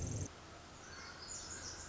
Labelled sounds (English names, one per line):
Pacific Wren